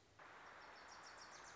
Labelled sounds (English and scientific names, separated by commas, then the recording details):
Wilson's Warbler (Cardellina pusilla)
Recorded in Sonoma County, California